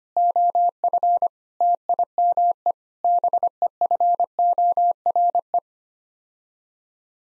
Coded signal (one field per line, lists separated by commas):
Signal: Morse code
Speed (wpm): 25 wpm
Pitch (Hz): 700 Hz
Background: none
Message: OF TIME BEFORE